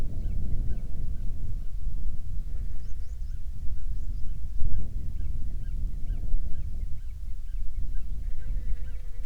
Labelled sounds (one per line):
songbird
wind
insects